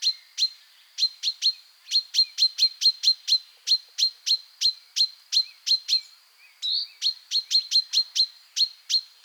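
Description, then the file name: Common chaffinch calling: a steady stream of crisp, clipped 'pink'-like notes, often two or three per second, with brief pauses and one slurred chirp. "Fringilla coelebs"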